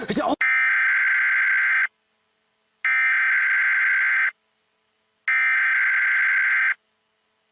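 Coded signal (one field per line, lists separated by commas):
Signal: Emergency Alert System (SAME) tones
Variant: header bursts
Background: speech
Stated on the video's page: Tornado warning relayed on a Washington DC NBC TV station; signal becomes very poor at the end.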